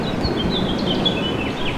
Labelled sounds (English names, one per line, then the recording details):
House Finch song
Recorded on Long Island, New York, on 18 June 2012
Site OG
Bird A